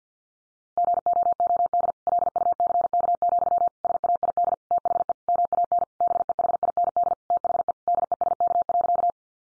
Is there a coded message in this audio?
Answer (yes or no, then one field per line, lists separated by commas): yes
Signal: Morse code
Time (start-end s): 0.8-9.1 s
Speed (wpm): 50 wpm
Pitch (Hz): 700 Hz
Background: none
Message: GOOD LUCK, SAID THE MAN BEHIND THE DESK.